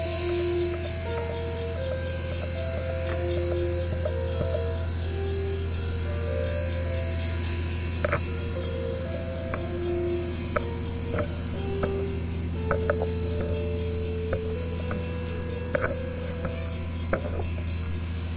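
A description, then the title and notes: A simple melody of thin, pure tones steps through short notes in the middle range, over a constant low hum and a steady rumbling bed. Sharp clicks and small ticks break in from about eight seconds on, scattered irregularly through the rest. An old song on a computer generated piano. Field and foley recordings. Miscellaneous bits and pieces of digital sounds. A sine waves. A train.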